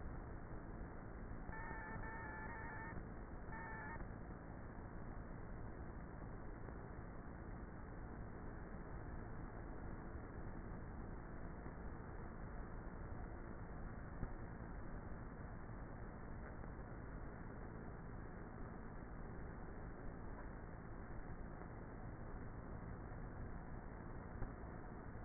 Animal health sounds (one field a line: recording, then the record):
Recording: honeybee colony, microphone inside the hive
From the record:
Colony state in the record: queenless with a low population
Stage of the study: before two queens were removed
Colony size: about 30,000 bees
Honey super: no